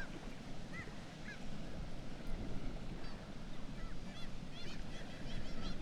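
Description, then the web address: Black-legged kittiwake cries, short nasal upslurred notes from a few birds, scattered at first then clustering toward the end, with a steady low rumble underneath. "sound Black-legged-kittiwake. صدای-پرنده-کاکایی-پاسیاه"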